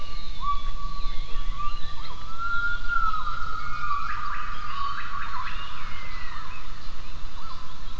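Gibbon call: a sustained tone that steps up and swells in the middle, with fainter sweeping notes throughout.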